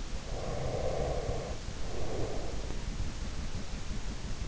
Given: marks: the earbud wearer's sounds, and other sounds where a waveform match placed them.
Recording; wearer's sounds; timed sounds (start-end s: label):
sounds in sleep by an in-ear microphone; breath
0.08-3.61 s: breath